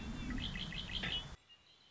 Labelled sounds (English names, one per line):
Red-winged Blackbird